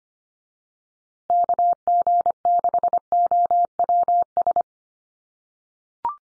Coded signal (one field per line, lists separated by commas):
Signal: Morse code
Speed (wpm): 25 wpm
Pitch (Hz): 700 Hz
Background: none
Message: KG6OWS